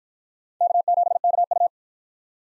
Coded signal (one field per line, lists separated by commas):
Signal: Morse code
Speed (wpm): 53 wpm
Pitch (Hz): 700 Hz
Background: none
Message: K7KU